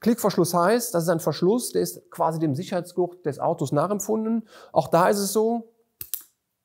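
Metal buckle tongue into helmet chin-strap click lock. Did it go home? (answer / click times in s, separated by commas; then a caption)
yes / 6.0 s, 6.1 s. Someone talks, then the metal tongue of a seatbelt-style helmet click buckle is pushed into the chin-strap click lock. Two short sharp clicks are heard at 6.0 s and 6.1 s as it latches home, and the distinct sound shows the buckle has properly latched.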